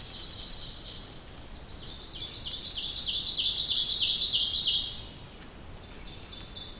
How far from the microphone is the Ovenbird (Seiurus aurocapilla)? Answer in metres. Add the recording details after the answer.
about 20 m. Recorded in boreal forest in Alberta, Canada, on 2 June 2016 at 08:24. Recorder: SongMeter 3, array SBT-3-7. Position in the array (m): 70 m, 96 m. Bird 5